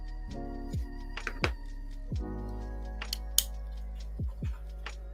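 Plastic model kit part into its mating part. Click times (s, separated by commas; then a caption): 1.4 s, 3.4 s. A plastic model kit part is pressed into its mating part over steady background music, giving sharp plastic snaps at 1.4 s and 3.4 s. The part is only partly seated, with a small gap still left, so it is not fully pushed in.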